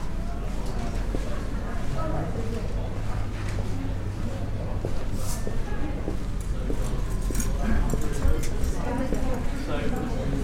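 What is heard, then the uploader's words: A walk through the medieval streets of York, with a steady crowd murmur of voices throughout. Sharp clopping hoof-like knocks recur irregularly, joined by a low hum in the first half and scattered bright clicks and clatters toward the end. Medieval City Walk | City of York | Relaxing Binaural Field Recording.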